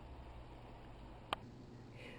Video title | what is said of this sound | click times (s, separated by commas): What Would You Do with 100 Pears | I heard the first one pop so | 1.3 s